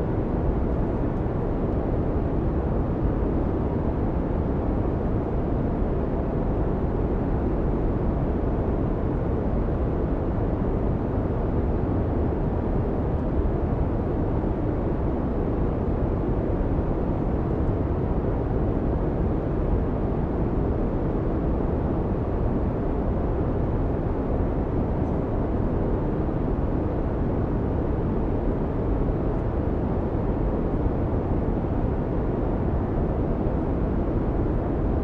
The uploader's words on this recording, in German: Ambiente in der Flugzeugkabine. Wir befinden uns jetzt in 40.000 Fuß Höhe.